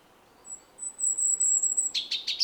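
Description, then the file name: European robin giving a long, very high thin whistle, then a short quick series of sharper twittering notes. "Erithacus rubecula"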